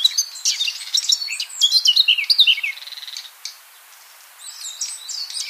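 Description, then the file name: Eurasian blackcap singing a rapid, scratchy chattering warble with a few clear notes, a short pause, then a quieter burst of twittering. "Sylvia atricapilla"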